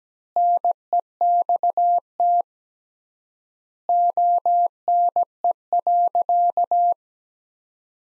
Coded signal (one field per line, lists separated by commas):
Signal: Morse code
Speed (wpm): 17 wpm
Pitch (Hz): 700 Hz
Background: none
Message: NEXT ONE.